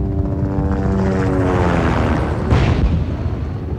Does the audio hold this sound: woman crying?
no